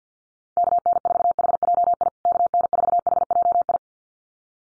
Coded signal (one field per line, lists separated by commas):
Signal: Morse code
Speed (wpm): 50 wpm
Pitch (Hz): 700 Hz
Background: none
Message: KN4HJI KN4HJI